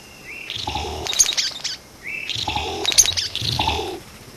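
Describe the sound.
Vogelkop bowerbird calls: a rising whistle followed by harsh, crackling chatter with low buzzy notes, repeated twice about two seconds apart.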